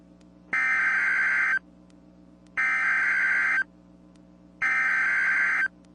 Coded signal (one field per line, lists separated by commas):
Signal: Emergency Alert System (SAME) tones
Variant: header bursts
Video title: EAS #41-42: SVR & TOR (Double Header)